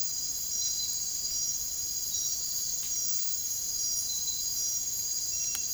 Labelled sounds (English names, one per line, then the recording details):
none
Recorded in dense forest near Puerto Asís, Putumayo, Colombia, on 23 June 2025 at 01:30
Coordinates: 0.503, -76.323
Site G059